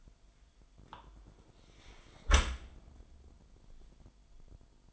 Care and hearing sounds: daily activity, microphone in the room; close dishwasher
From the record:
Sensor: 5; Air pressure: 998.3 hPa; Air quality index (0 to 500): 86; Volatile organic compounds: 2 ppm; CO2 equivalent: 988 ppm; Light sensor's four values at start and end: 20/46/19/21 and 19/45/19/21

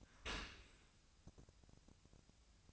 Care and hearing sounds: daily activity, microphone in the room; open dishwasher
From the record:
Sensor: 2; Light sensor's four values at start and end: 11/31/12/14 and 11/31/12/14

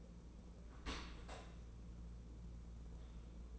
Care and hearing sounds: daily activity, microphone in the room; open dishwasher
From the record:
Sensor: 1

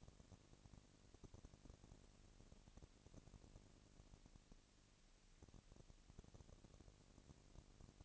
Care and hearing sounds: daily activity, microphone in the room; no activity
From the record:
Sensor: 4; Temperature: 22.3 degrees Celsius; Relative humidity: 31.9%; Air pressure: 997.8 hPa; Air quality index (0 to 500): 203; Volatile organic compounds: 17 ppm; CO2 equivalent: 2568 ppm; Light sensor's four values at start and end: 2/3/1/1 and 2/3/1/1

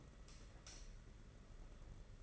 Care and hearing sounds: daily activity, microphone in the room; light off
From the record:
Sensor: 4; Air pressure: 992.7 hPa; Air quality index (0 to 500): 168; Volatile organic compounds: 244 ppm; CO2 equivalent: 4346 ppm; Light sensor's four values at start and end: 4/10/4/4 and 4/8/3/3

